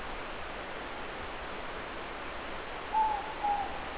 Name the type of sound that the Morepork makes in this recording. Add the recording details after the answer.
more-pork call. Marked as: faintness 3/5. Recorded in New Zealand. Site Eglinton